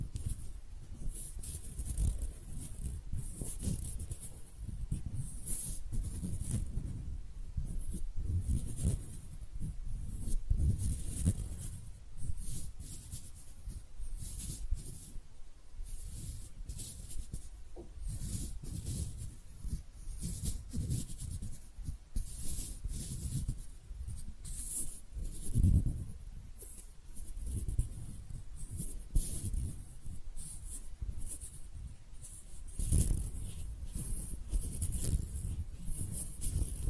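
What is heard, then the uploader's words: Hand sounds made without talking: steady rubbing and brushing with soft scratchy strokes, like skin dragged across a surface. Dense, irregular swishes with low thumps run throughout, and louder bursts come around 10, 26 and 33 seconds. ASMR Relaxing Hand Sounds (No Talking).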